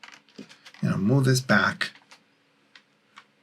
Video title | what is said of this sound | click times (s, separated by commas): FT-857D Field Setup | and i know this is not done well see aha and i didn't hear the click | none